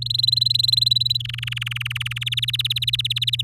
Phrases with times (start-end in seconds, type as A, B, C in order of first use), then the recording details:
0.02-1.17 A, 1.19-2.24 B, 2.26-3.42 C. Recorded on 7 May 2018 at 17:13. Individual llb16